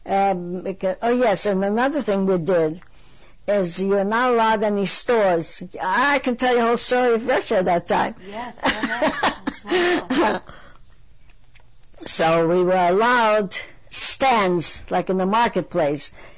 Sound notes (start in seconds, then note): 8.3 she laughs; 10.4 she laughs